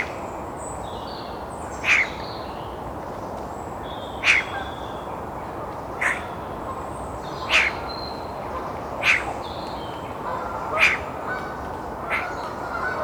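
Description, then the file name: Eurasian magpie giving repeated harsh chacking notes, with faint higher bird sounds and steady rumble in the background. "Pica pica"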